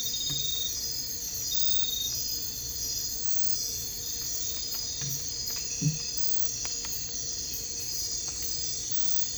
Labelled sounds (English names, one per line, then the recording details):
none
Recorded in dense forest near Puerto Asís, Putumayo, Colombia, on 22 December 2024 at 01:30
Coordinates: 0.484, -76.317
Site G026